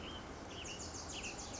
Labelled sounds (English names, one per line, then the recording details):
Wilson's Warbler
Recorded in Sonoma County, California